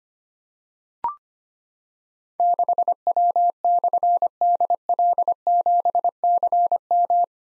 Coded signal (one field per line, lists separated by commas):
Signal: Morse code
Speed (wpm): 25 wpm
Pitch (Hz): 700 Hz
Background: none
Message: 6W/DL7CM